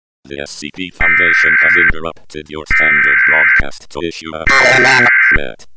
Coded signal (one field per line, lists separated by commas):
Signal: Emergency Alert System (SAME) tones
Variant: header bursts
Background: speech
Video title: SCP 001 EAS